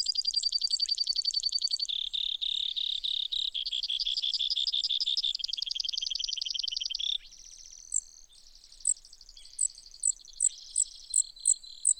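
Brewer's sparrow song, a chain of fast buzzy trills stepping between pitches for about seven seconds, then a series of spaced thin high notes.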